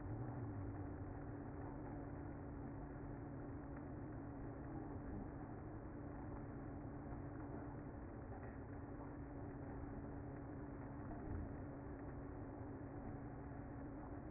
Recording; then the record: honeybee colony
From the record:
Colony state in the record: active